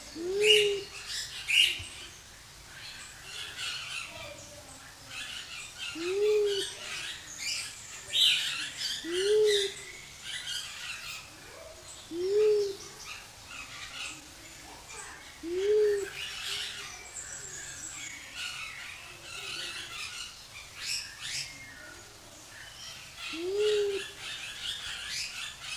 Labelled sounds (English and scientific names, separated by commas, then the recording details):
Mindanao Bleeding-heart (Gallicolumba crinigera) call
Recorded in captivity
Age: adult
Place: Zoo Berlin, Berlin, DE
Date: 2002-10-22 12:20
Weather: overcast, 13°C
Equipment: Nagra SN, Kopie Uher 4000 Report Monitor
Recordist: Tembrock, Günter